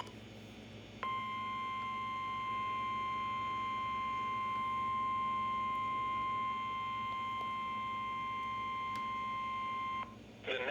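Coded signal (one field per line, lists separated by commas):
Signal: Emergency Alert System (SAME) tones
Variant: 1050 Hz attention tone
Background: speech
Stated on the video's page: Severe Thunderstorm Warning tones recorded from weather radio stations WXK97 and KEC83.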